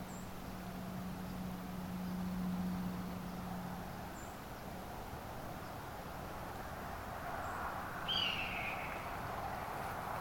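Red-tailed hawk with one hoarse, falling scream near the end, preceded by a low steady hum that stops abruptly about four seconds in.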